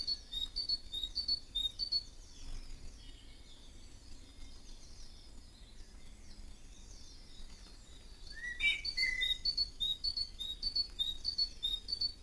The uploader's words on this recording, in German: Frühmorgendliche Vogelkonversation. Morgends gegen halb sechs in meinem Garten unterhalten sich die verschiedensten Vogelarten lauter miteinander als die Marktschreier auf dem Hamburger Fischmarkt.